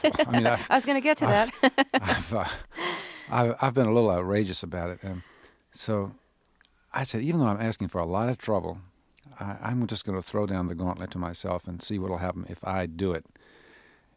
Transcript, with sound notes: I was going to get to that. (Laughter).
I've been a little outrageous about it. So I said, even though I'm asking for a lot of trouble, I'm just going to throw down the gauntlet to myself and see what'll happen if I do it.